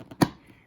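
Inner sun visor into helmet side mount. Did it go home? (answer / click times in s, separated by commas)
yes / 0.2 s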